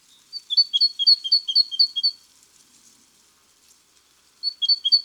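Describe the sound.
Great tit phrases, high two-note chirps in a quick series for about two seconds, a pause, then the series starts again near the end.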